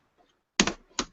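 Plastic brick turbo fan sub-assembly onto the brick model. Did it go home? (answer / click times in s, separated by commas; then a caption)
yes / 0.6 s. A plastic LEGO brick turbo fan sub-assembly is pressed onto a LEGO Avengers SHIELD Helicarrier brick model and snaps into place with a sharp click at 0.6 s, leaving it seated. A second, softer plastic knock follows at about 1.0 s as handling continues.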